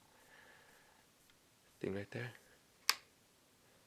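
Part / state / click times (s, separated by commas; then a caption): pistol slide onto frame rails / seated / 2.9 s. During reassembly of a 5.7x28 pistol, the slide is run onto the frame rails and pulled back. Someone talks, then a sharp click sounds at 2.9 s as the slide locks back into place.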